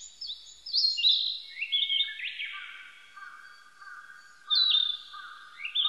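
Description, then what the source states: Narcissus flycatcher song: a run of clear whistled notes sliding downward in stepped phrases, with a softer lower twitter running beneath and a bright phrase near the end. Recorded on 25 April 1998.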